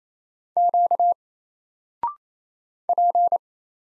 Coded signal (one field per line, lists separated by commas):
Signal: Morse code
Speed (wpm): 27 wpm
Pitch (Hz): 700 Hz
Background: none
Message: Q P